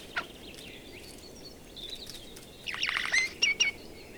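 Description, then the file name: Eurasian jay with a short burst of rasping notes and a few sharp whistled squeaks after quieter, faint chatter. "Garrulus glandarius"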